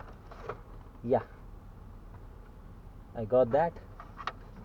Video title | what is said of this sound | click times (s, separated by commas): Jeep xj 1999 headlight switch replacement | still didn't snap no yeah it's not enough | none